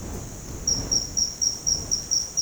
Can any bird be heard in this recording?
no